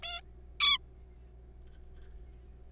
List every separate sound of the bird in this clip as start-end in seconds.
0.03-0.21, 0.60-0.78